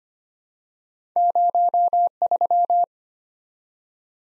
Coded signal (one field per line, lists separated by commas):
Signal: Morse code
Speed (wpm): 25 wpm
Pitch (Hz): 700 Hz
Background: none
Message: 03